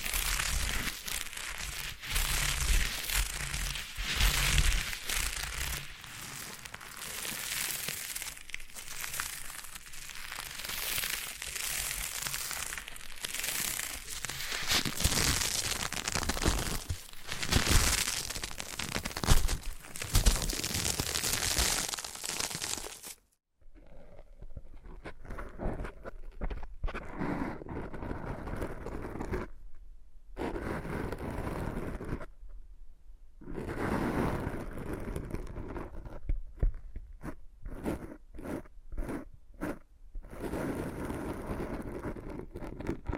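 Foam being massaged and squeezed makes a dense, crackling rustle with soft squishy pulses, steady and busy for the first twenty-odd seconds. After a sudden drop it turns duller and choppier, broken by brief silences around 30, 33 and 37–40 seconds.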